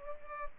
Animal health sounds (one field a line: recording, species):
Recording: mosquito wingbeat signal from an infrared sensor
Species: Culex pipiens